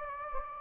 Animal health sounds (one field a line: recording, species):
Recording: mosquito wingbeat signal from an infrared sensor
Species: Anopheles gambiae